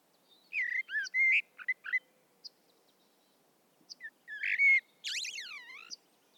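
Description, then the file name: Common blackbird song, two phrases: mellow fluty whistles with brief high squeaks, a pause, then a second warble ending in a sweeping, screechy high flourish. "Turdus merula"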